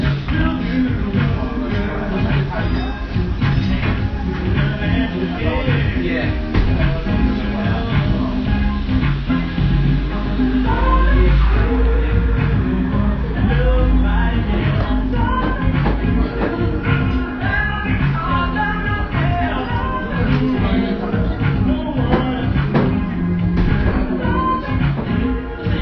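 A Melbourne café, full of steady, dense murmur from many overlapping voices, with no single speaker standing out. A low, constant rumble runs underneath, and the crowd noise swells slightly around the middle before settling back to an even level.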